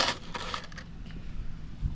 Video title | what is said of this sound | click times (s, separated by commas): engine rebuild | but cl it clicked in place | 0.5 s